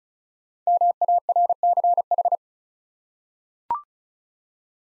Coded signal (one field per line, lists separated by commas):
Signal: Morse code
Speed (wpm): 36 wpm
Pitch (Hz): 700 Hz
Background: none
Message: MARCH